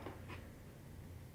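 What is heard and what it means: A cable plug is held by its flat piece, its arrow lined up with the socket of an HFT 150 device, and pushed toward it. Only soft handling rustles are heard over a low, steady hum, with faint bursts near 0.1 s and 0.3 s. Nothing has seated or clicked yet.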